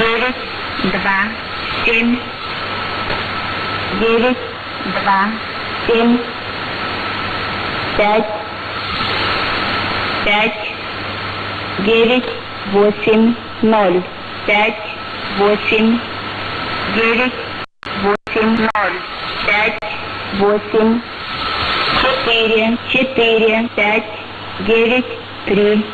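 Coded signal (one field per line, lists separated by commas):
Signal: numbers station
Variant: S06s, Russian female voice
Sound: woman's voice reading Russian digits in evenly spaced groups over hiss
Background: radio static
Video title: 28 02 2019 S06s Russian Lady numbers station in Russian to Eu 0940 on 9540 unknown tx site USB+AM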